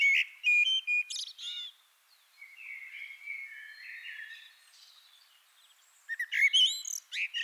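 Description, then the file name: Common blackbird song: a brief fluty phrase with high twittering notes, a long stretch of soft low warbling, then another burst of high squeaky notes. "Turdus merula"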